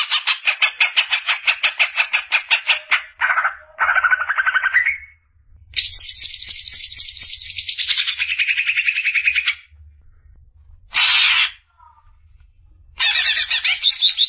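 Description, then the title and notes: Greater green leafbird song mixing fast pulsed trills with lower, smoother warbled phrases, then a quiet spell broken by a short burst of chatter before the chatter resumes. Song of a bird described as a champion singer. "Kicau Burung Cucak Ijo Juara. Suara kicauan burung cucak ijo"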